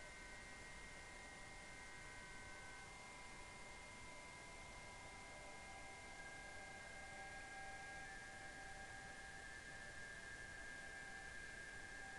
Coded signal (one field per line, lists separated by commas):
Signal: PSK31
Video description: 7037 kHz 2019 Digimode PSK31 DC4OH and UA3PI.